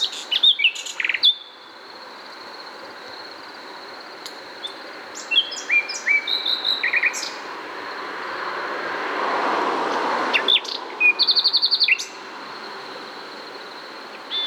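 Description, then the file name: Common nightingale song: bursts of varied phrases with sharp whistles, chirps and a rapid rattling trill near the end, over a steady high tone, with passing vehicle noise midway. "Luscinia megarhynchos"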